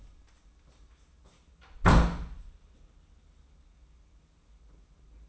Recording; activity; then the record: daily activity, microphone in the room; close door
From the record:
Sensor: 1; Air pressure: 994.3 hPa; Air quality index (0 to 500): 214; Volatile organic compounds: 1000 ppm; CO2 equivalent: 7716 ppm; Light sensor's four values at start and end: 90/202/91/99 and 94/210/95/103